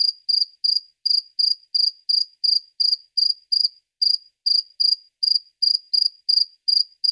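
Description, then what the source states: Cricket song, a regular string of sharp high chirps, about three each second, with one brief gap midway. Crickets at night.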